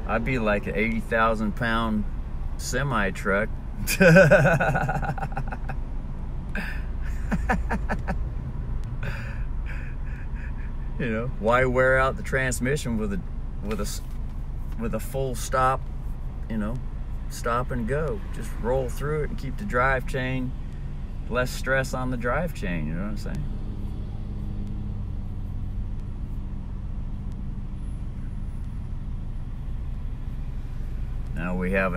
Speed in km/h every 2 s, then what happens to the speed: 2, 3, 3, 2, 2, 1, 1, 1, 1, 1, 1, 1, 1, 1, 1, 1.
0-10 steady at about 2. 10-32 standing.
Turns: none.